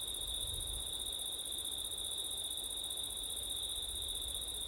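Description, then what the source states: A continuous shrill cricket trill rings on without a break, with a brief swell of low wind rumble at the start. Crickets recorded on a September night with wind; recorded with ortif setup.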